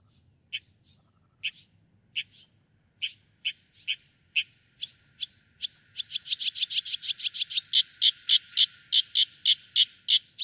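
Northern mockingbird giving spaced sharp chips that speed up into a rapid, steady series of loud repeated notes.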